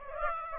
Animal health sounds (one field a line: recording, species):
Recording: mosquito wingbeat signal from an infrared sensor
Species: Aedes aegypti